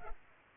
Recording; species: mosquito wingbeat signal from an infrared sensor; Culex pipiens